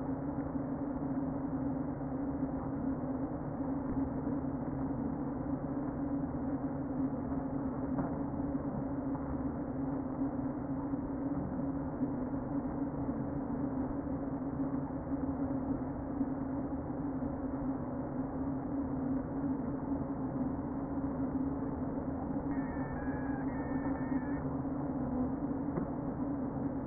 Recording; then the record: honeybee colony, microphone inside the hive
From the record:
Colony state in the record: queen present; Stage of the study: before two queens were removed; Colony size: about 60,000 bees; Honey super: yes